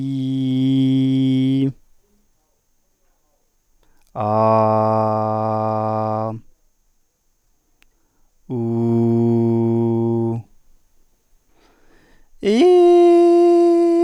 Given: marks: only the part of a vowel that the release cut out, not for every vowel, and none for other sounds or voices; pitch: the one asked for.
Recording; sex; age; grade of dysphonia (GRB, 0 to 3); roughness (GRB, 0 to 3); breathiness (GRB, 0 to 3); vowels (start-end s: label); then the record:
sustained vowels; male; 30 to 39 years; 0; 0; 0
0.00-1.59 s: vowel /i/, normal pitch
4.29-6.26 s: vowel /a/, normal pitch
8.57-10.30 s: vowel /u/, normal pitch
12.48-13.72 s: vowel /i/, high pitch
From the record:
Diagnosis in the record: dysarthrophonia, central laryngeal movement disorder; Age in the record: 38 years